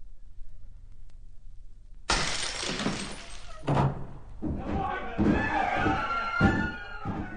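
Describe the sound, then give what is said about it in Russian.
After a quiet start, a door is broken down with a sudden loud, splintering crash, followed by continued heavy thuds and rattling while raised voices shout over the commotion. “Не ломайте дверь!”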